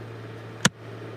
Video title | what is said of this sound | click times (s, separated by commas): SLAB CITY SUMMER CHALLENGE - Days 18 -25 How I’m Surviving My First Summer | so I just kind of push down here and it clicks into place but it used to just snap | 0.6 s